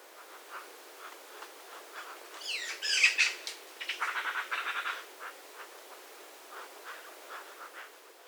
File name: Pica pica